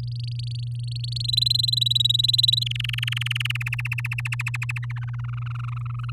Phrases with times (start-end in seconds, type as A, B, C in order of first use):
0.03-1.26 A, 1.28-2.64 B, 2.66-3.69 C, 3.72-4.92 D, 4.96-6.11 E